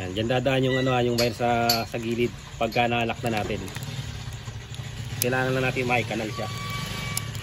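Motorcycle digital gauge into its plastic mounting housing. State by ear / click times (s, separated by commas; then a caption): seated / 7.2 s. A mini digital time/voltage gauge for a motorcycle is pressed into its plastic mounting housing while someone talks. A sharp click sounds at 7.2 s as the gauge snaps into place and locks in its mount.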